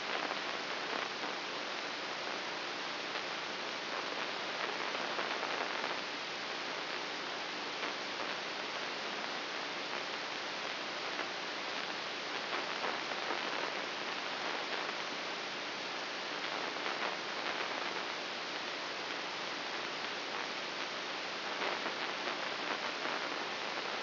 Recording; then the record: brain microelectrode recording played as sound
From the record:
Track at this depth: inside the subthalamic nucleus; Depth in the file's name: 2.004 mm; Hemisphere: right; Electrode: 3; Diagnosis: Parkinson's disease